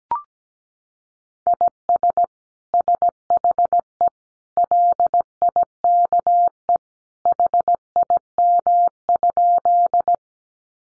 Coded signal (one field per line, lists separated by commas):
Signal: Morse code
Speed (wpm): 17 wpm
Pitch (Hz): 700 Hz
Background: none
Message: IS SHE LIKE HIM?